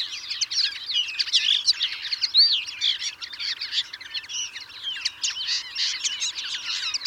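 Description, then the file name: European greenfinch twittering, a dense continuous stream of chirps and trills, with no other clear sounds. "Chloris chloris"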